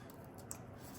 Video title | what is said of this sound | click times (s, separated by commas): Trailblazer SS wheel bearing replacement | make sure we hear it click, which we did. | 0.5 s